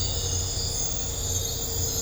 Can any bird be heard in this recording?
no